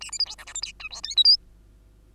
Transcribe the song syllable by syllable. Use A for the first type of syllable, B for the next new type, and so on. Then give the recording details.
A B C D E F G H I J K L M. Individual Bird2